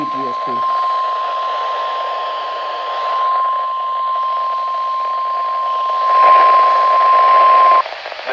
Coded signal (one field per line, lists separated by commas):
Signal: Emergency Alert System (SAME) tones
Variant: 1050 Hz attention tone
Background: speech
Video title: NEVER ENDING FLOODING!!! (EAS Alerts from 11/11/20-11/12/20 EAS #54-78)